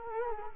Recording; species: mosquito wingbeat signal from an infrared sensor; Culex quinquefasciatus